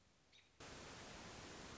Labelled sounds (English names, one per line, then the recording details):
American Robin
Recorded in Sonoma County, California